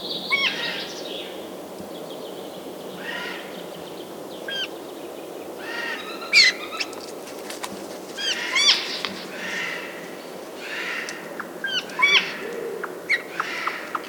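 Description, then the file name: Eurasian jay giving harsh, rasping screeches in short bursts, scattered irregularly throughout, with a few thin tonal notes in between. "Garrulus glandarius"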